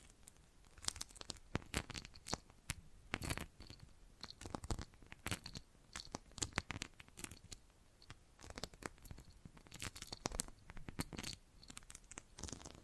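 Bracelets and jewelry boxes being handled, with a dense run of sharp clicks, clacks and crisp rattles that come in irregular bursts throughout. Some moments cluster into quick flurries of tapping, separated by brief quieter gaps, and a faint steady hiss sits underneath.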